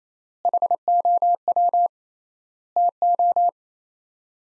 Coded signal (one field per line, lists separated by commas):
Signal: Morse code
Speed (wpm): 27 wpm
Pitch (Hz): 700 Hz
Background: none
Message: HOW TO